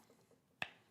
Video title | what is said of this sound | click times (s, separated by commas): New Knives at Blade HQ for the week of 6/30/2025 LIVE | And both of them work in the same sheath. Just clicks into place. | 0.6 s